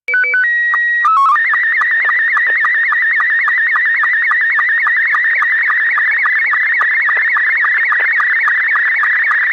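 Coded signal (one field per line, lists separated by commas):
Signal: SSTV (slow-scan television)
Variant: Scottie 2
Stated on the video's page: Live stream of 145.390 and 146.700 repeaters.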